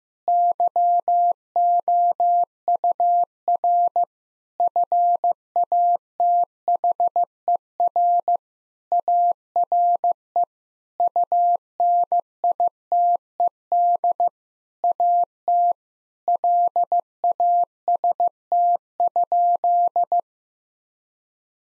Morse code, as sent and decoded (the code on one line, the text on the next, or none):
-.-- --- ..- .-. / ..-. .- - .... . .-. / .- .-. . / ..- -. .. - . -.. / .- - / .-.. .- ... - ..--..
YOUR FATHER ARE UNITED AT LAST?